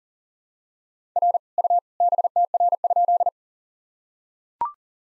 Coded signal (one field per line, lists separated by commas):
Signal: Morse code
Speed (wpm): 40 wpm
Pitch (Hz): 700 Hz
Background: none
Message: R U BTR?